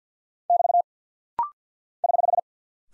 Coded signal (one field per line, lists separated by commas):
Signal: Morse code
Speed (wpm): 48 wpm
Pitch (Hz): 700 Hz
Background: none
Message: <BT> <HH>